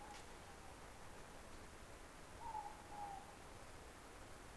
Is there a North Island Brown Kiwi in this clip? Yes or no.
no